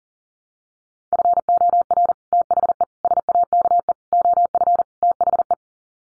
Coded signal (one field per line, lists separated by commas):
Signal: Morse code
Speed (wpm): 40 wpm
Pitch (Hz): 700 Hz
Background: none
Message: FOR THE SAKE OF THE